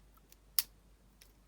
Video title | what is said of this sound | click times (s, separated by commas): British police handcuffs picked and shimmed with hairpins | did you hear the click and now | 0.6 s